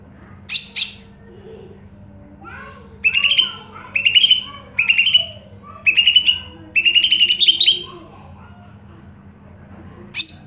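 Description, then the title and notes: Greater green leafbird singing: sharp high notes, then several bursts of rapid, bright chattering whistles, ending with another high note. Recording offered as a model for training caged birds of this species to imitate. "Suara Burung Cucak Ijo. mantap buat masteran burung cak ijo"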